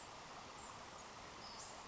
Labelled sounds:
Western Flycatcher (Empidonax difficilis)
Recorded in Sonoma County, California

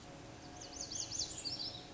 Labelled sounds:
Lazuli Bunting (Passerina amoena)
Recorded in Sonoma County, California

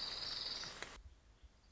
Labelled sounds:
Orange-crowned Warbler (Leiothlypis celata)
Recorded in Sonoma County, California

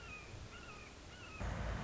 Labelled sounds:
Red-shouldered Hawk (Buteo lineatus)
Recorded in Sonoma County, California

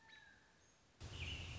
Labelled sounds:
American Robin (Turdus migratorius)
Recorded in Sonoma County, California

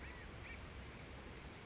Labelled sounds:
California Quail (Callipepla californica)
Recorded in Sonoma County, California

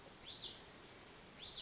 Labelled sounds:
Hutton's Vireo (Vireo huttoni)
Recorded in Sonoma County, California

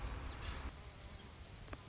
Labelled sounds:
Anna's Hummingbird (Calypte anna)
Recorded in Sonoma County, California

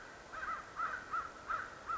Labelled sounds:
American Crow (Corvus brachyrhynchos)
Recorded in Sonoma County, California

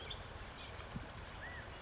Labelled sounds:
California Quail (Callipepla californica)
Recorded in Sonoma County, California

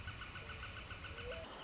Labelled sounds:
Northern Flicker (Colaptes auratus)
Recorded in Sonoma County, California

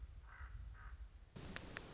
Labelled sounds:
Common Raven (Corvus corax)
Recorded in Sonoma County, California

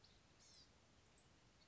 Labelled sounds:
Blue-gray Gnatcatcher (Polioptila caerulea)
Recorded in Sonoma County, California

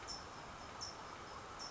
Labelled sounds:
California Towhee (Melozone crissalis)
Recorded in Sonoma County, California

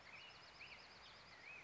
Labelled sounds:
Black-headed Grosbeak (Pheucticus melanocephalus)
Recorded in Sonoma County, California

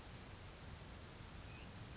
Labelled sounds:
Grasshopper Sparrow (Ammodramus savannarum)
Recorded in Sonoma County, California

